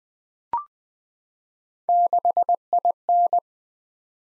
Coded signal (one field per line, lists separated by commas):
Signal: Morse code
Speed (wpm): 20 wpm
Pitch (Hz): 700 Hz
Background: none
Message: 6IN